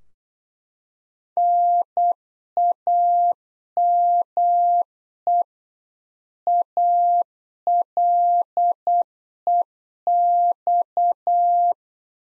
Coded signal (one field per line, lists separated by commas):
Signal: Morse code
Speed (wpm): 8 wpm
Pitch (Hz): 700 Hz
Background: none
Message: NAME ALEX